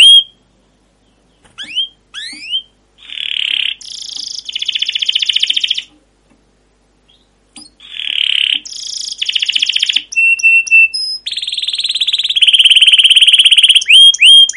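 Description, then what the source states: Canary giving broken phrases: a few upswept chirps, short rolling trills, and steady whistled notes, separated by brief silences, ending in a continuous warbling roll. Long continuous rolling 'ngerol' canary song with 'cuit cuit' notes, used as a master and lure recording to prompt other canaries to sing.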